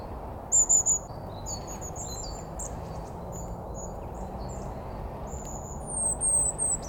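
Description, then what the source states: Birds chirping: short, thin, high tweets scattered throughout, with louder bursts near the start and end, over a steady low background rumble. Several birds, recorded with a Sony A7 IV camera and 70-300G lens.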